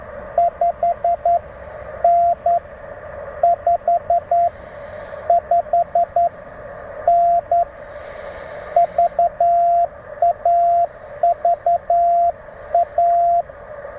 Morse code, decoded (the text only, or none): 5N 55N VA VA